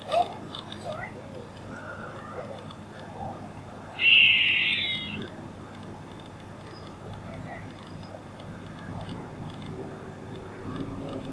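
Squirrel uttering a single short, harsh buzzing chatter partway through an otherwise quiet stretch with faint background noise.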